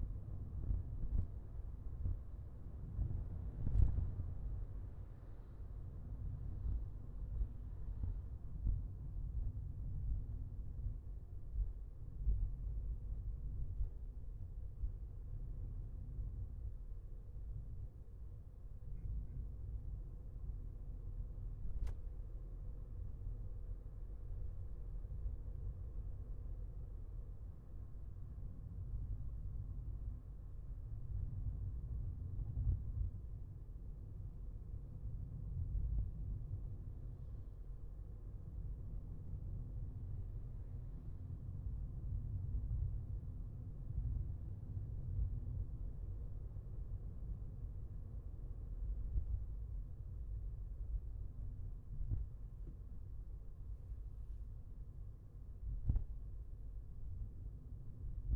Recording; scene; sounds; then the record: everyday scene through a hearing-aid microphone; in a vehicle; engine, traffic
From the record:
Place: Skoda Fabia, gasoline engine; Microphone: behind the ear, left, rear